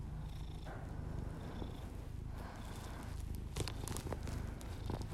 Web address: Miss Because. Just Purrs [ASMR][Literally just my cat purring and my heavy breathing]